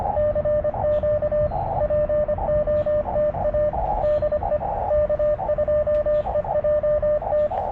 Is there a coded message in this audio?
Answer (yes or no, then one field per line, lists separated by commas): yes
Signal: Morse code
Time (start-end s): 0.2-7.5 s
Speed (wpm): 25 wpm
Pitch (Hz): 600 Hz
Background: radio noise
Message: CQ POTA DE K2EJT